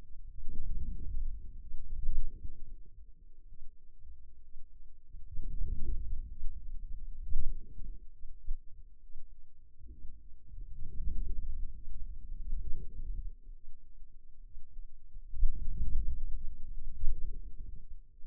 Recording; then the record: forearm muscle sounds (acoustic myography)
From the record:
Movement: outward rotation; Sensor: system 2, bracelet of six BSWA MPA416 microphones around the upper forearm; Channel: 5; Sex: male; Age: 22 years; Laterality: right